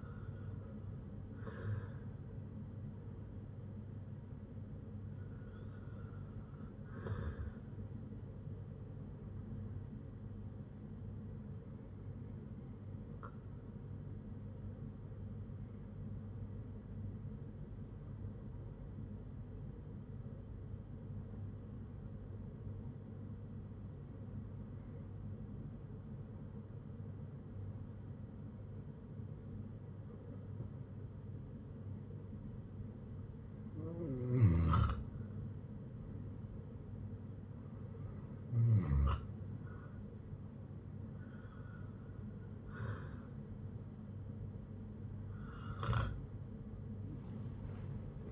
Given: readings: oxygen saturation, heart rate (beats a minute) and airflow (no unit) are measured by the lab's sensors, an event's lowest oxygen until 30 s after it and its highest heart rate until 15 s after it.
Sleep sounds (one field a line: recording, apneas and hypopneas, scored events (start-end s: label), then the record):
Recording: breathing in sleep by a smartphone at the bedside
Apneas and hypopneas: 1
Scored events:
15.00-44.10 s: hypopnea (REM, oxygen 96% highest, then 93% lowest, heart rate 61 at the start, 80 highest)
From the record:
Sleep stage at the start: REM sleep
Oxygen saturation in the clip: 91 to 96%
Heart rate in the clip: 58 to 71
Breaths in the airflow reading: 11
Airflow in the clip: -7.9 to 8.8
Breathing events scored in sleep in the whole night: 182 in 7.4 hours asleep